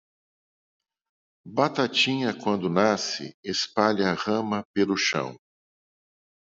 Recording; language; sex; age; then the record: short text; Brazilian Portuguese; male; 50 to 59 years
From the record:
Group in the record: control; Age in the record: 56 years